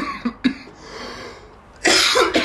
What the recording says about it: Was in my pen. You might hear me cough every now and again. That's just the good medication of 420 because we live in Oregon.